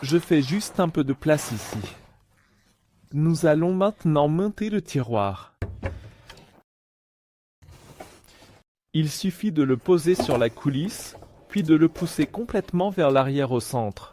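A GRASS Nova Pro Scala drawer is picked up and placed onto the drawer runners in a cabinet, with sliding and knocking sounds between about 5.6 and 8.2 s while someone talks before and after. The drawer is only positioned on the runners before being pushed home, and nothing has seated or clicked yet.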